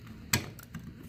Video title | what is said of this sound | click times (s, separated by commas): Trufiber carbon fiber door lock(LG83) insert and window switch covers(LG107) | till it clicks of | 0.3 s